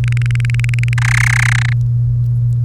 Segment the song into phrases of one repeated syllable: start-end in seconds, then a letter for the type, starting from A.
0.04-0.93 A, 0.98-1.73 B